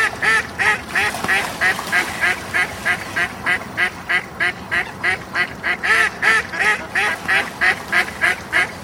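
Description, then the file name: Duck uttering loud, regular quacks at a fast, even pace of about three per second throughout. "coincoin"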